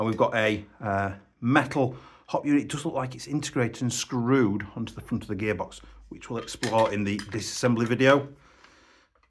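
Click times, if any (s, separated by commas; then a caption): none. Someone talks while handling the receiver cover of a CYMA Platinum SLR AK-105 airsoft AK rifle replica, lifted to show the wiring and the metal hop unit screwed onto the front of the gearbox. Faint small ticks come near the end at about 8.6 and 9.2 seconds as the cover is put back down, but nothing has seated or clicked into place yet.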